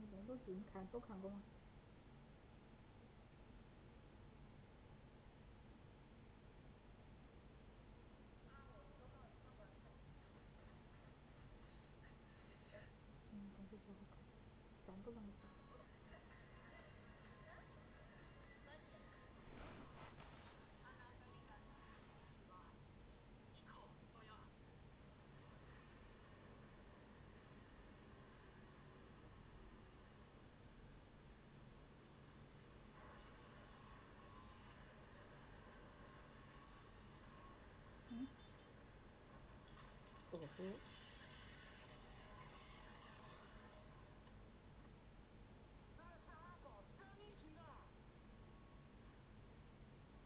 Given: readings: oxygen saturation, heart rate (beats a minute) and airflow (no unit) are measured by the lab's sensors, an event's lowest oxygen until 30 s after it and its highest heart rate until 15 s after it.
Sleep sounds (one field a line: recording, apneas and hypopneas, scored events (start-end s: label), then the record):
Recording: a person awake in a sleep study, by a voice recorder at the bedside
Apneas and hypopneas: none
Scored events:
0.00-50.26 s: awake
0.00-50.26 s: awake
From the record:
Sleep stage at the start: awake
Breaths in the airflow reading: 19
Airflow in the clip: -0.7 to 0.6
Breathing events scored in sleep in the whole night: 496 in 5.4 hours asleep